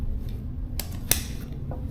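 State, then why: Seated. The tube-style clip on a plate carrier's cummerbund is wrapped around and fastened into the front panel, giving two sharp, loud clicks at 0.8 and 1.1 seconds, with fainter ticks around them. The clip locks into place.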